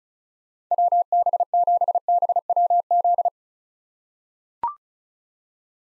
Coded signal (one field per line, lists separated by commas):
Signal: Morse code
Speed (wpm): 36 wpm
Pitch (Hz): 700 Hz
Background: none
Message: WB7BWZ